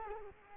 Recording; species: mosquito wingbeat signal from an infrared sensor; Culex quinquefasciatus